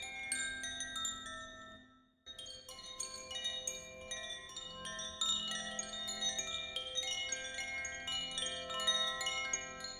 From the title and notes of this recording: Today’s episode is a no talk 5 minute sound healing with bowls and chimes.